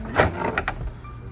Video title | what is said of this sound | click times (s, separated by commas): 2024+ Mustang RTR Splitter (Chin, Tray, Rocker, Rear Quarter) Installation Walkthrough by EMS | kind of started it in that corner snaps right into place real nice | 0.6 s, 0.7 s